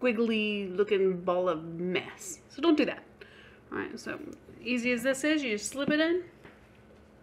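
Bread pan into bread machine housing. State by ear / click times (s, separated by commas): not seated / none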